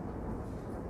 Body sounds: background sound without coughing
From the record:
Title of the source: Train Ride Ambience ambient white noise for sleeping, focus, studying, reading

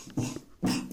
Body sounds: coughing mixed with background sound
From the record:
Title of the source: Spring Cold Coughing 3

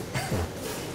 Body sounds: coughing mixed with background sound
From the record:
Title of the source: Dry Coughing Fit in the Afternoon.

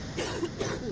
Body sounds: coughing mixed with background sound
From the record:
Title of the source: 60 coughing still (deep and wet cough)

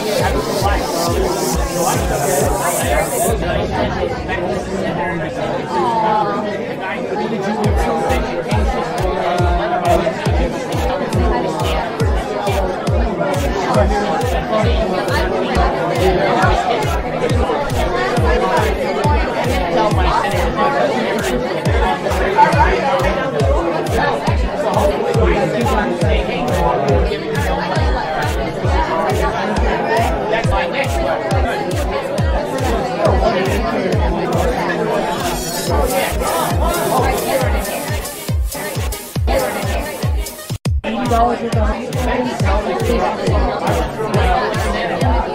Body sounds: background sound without coughing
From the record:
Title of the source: Nightlife Party Simulating Party Club Noise 1 Hour

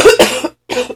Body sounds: coughing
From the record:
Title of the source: 61 morning phlegmy cough...again

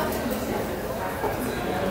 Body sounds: background sound without coughing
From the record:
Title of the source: 40 min - Ambience sounds UNIVERSITY lunchroom chatting

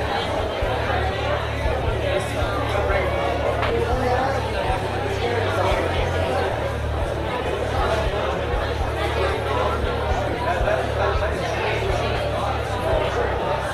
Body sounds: background sound without coughing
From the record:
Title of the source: CITY SOUNDS Busy Bar in the Evening Night - 2 HOURS of Ambiance for Relaxation

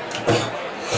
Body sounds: coughing mixed with background sound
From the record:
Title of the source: Cough Around the Clock!

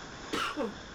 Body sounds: coughing mixed with background sound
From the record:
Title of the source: 64 coughing, allergies, singing lungs

